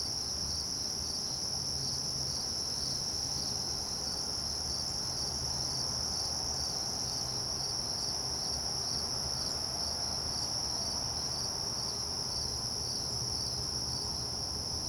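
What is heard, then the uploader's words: Night ambience on a cabin porch, filled with a steady, dense chorus of crickets trilling high and bright without pause. Beneath them sits a low, soft rumble and faint murmur, with no distinct events across the fifteen seconds. Sleep Sounds: Cabin Porch At Night Ambience.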